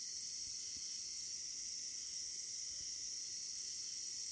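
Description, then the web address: Long-spurred meadow katydid song, a continuous high, even buzz that holds steady throughout with no breaks. North America. "Songs of Insects. Long-spurred Meadow Katydid"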